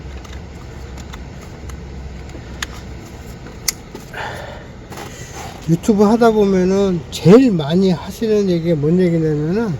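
Injector wiring connectors are pushed onto the fuel injectors of a Santa Fe R engine, and each one seats with a sharp click at 2.6 s and 3.7 s. Fainter ticks come before the clicks over a low background hum. Afterward someone talks.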